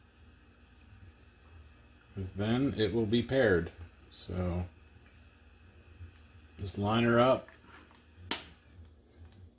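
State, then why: Seated. Someone talks while lining up the two plastic case halves of a Gosund WiFi smart plug during reassembly after a teardown and pushing them together. A single sharp snap at 8.3 seconds, the loudest sound in the clip, marks the housing seating closed.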